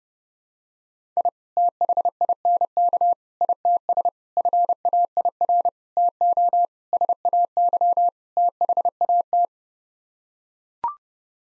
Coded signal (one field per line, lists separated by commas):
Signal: Morse code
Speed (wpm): 32 wpm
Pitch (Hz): 700 Hz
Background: none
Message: I THINK ITS FAIR TO SAY THAT